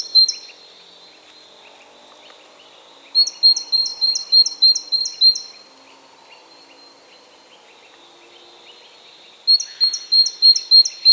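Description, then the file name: Great tit song: bright, two-note see-saw phrases, high and ringing, repeated rapidly in three bursts with long pauses, faint twitters of other birds beneath. "Parus major"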